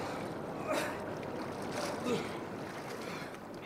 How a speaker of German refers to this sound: Aber der Stollen, der schräg nach unten führte, lief voll Wasser.